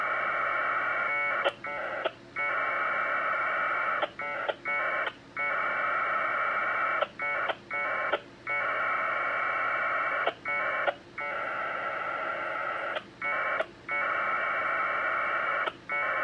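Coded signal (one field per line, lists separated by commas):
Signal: packet radio (AX.25, as in APRS)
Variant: 1200 baud Bell 202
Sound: long harsh warbling data bursts broken by brief pauses and short buzzy preambles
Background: radio hum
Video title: NinoTNC N9600A - 1200 Baud Bell 202 AX25 Winlink Client Test - W8CMN Mi7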